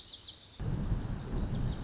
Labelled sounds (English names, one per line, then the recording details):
Lazuli Bunting
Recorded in Sonoma County, California